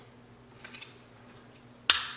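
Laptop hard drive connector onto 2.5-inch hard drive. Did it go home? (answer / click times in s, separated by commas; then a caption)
yes / 1.9 s. The adapter connector taken off the failed hard drive of a 2014 HP Pavilion X360 laptop is pushed onto the replacement 2.5-inch laptop hard drive. A few faint ticks around 0.7 s are followed by a sharp, loud click at 1.9 s as the connector snaps into place and seats.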